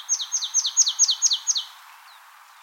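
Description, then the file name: Marsh tit giving a rapid, even series of seven clear descending notes over about one and a half seconds, then quiet with a faint high note. "Poecile palustris"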